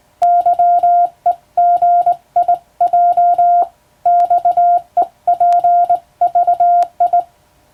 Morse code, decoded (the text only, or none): YEGIJ XEPVI